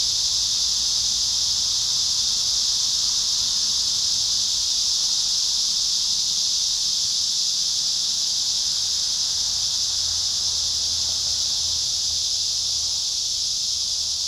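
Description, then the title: Cicadas keeping up a continuous, loud high-pitched sizzling drone, with a faint low hum coming and going beneath. Cicadas at Trinity. "neoscenes: cicadas at Trinity"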